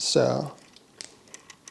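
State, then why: Seated. An ND32 filter is lined up and clipped over an anamorphic lens attachment on a drone camera. Someone talks briefly at the start, then a small sharp click at 1.0 s marks the filter seating, followed by a few fainter ticks.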